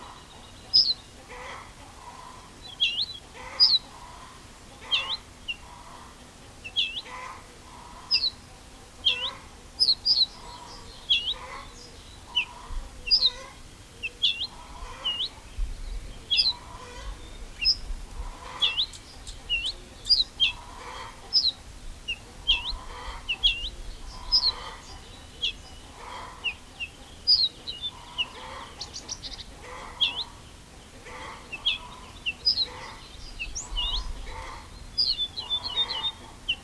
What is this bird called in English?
Ortolan Bunting